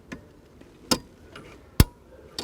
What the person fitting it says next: make sure you hear that click.